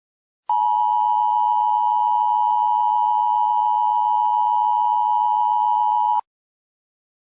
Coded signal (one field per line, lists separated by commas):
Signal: Emergency Alert System (SAME) tones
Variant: 853 and 960 Hz attention tone